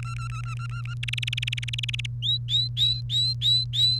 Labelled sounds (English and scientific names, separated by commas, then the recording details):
Domestic Canary (Serinus canaria) song
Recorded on 1 May 2018 at 11:47
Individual llb3